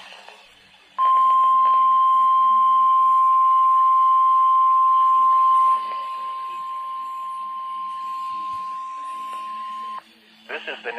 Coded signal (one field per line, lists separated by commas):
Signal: Emergency Alert System (SAME) tones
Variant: 1050 Hz attention tone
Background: speech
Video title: NOAA Weather radio: Required Weekly Test